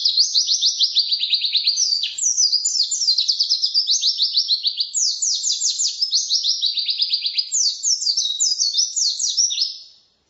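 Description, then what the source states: White-eye song: a continuous, loud, high-pitched twittering stream of quick descending chips and trills with hardly a pause, fading out at the very end. Ngalas-style song of a pleci, used as filler material for masteran (training songbirds to copy).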